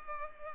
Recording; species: mosquito wingbeat signal from an infrared sensor; Culex pipiens